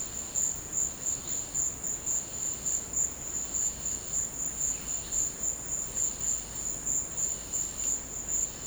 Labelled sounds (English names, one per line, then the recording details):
none
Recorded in dense forest near Puerto Asís, Putumayo, Colombia, on 19 March 2025 at 14:00
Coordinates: 0.500, -76.322
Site GP06